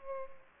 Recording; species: mosquito wingbeat signal from an infrared sensor; Culex pipiens